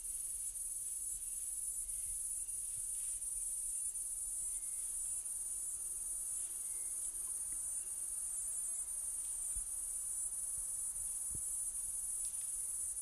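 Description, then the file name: Cicada giving an unbroken shrill, high-pitched drone throughout, with a few faint clicks and soft low sounds underneath. Platypleura species, recorded in Kaning'ina Forest. "Platypleura sp Kaning'ina Forest"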